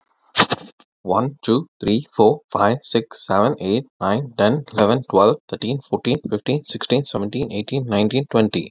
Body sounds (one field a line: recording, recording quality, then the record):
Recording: counting at a fast pace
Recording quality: excellent, no background noise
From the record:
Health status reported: COVID-19 positive, mild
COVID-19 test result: positive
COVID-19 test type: RT-PCR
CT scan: not taken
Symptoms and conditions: cough, cold, sore throat, fatigue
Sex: male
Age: 26 years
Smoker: no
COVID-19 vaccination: both doses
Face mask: not worn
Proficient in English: yes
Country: India